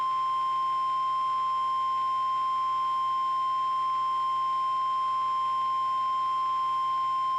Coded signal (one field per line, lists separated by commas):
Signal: Emergency Alert System (SAME) tones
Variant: 1050 Hz attention tone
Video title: EAS Throwback Thursday/Recreation: REAL Blue Alert for Tennessee! (06/28/22)